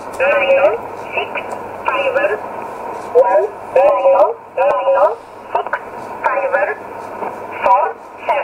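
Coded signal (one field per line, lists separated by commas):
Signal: numbers station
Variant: E11 Oblique, English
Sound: a woman's voice reads short, evenly spaced words over narrowband radio, about one per second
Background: radio static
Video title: 12 08 2017 Numbers station E11 Oblique in English to Eu 0811 on 9079 in USB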